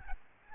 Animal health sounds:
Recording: mosquito wingbeat signal from an infrared sensor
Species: Aedes albopictus

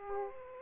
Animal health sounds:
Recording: mosquito wingbeat signal from an infrared sensor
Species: Aedes aegypti

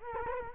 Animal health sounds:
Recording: mosquito wingbeat signal from an infrared sensor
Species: Culex quinquefasciatus

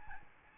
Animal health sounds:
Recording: mosquito wingbeat signal from an infrared sensor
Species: Aedes albopictus

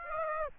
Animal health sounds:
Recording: mosquito wingbeat signal from an infrared sensor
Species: Aedes aegypti

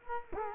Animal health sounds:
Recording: mosquito wingbeat signal from an infrared sensor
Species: Culex quinquefasciatus

